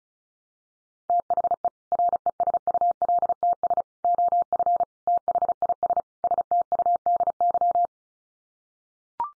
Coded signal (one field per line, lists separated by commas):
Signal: Morse code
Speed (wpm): 34 wpm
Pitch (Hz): 700 Hz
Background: none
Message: THE RESULTS OF THIS STUDY